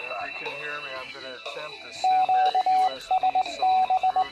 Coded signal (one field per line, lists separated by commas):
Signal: Morse code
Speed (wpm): 19 wpm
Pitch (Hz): 750 Hz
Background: speech, radio noise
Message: QSB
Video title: Array Solutions Product Overview Dayton Hamvention 2012 by HamRadioReview.net